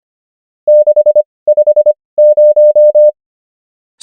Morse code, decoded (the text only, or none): 650